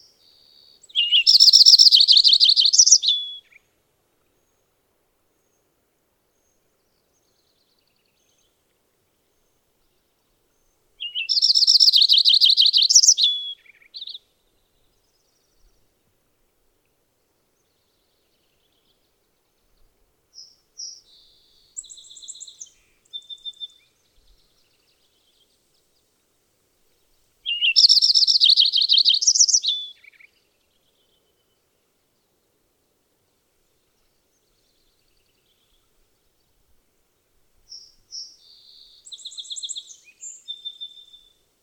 Lincoln's Sparrow song recorded on the Cub Lake Trail in Rocky Mountain National Park.